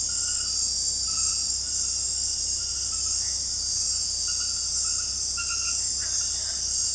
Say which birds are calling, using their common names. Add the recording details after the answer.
none. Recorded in dense forest near Puerto Asís, Putumayo, Colombia, on 20 February 2024 at 00:30. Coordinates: 0.487, -76.319. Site G6403